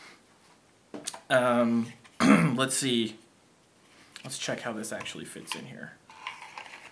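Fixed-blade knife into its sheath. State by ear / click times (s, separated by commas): not seated / none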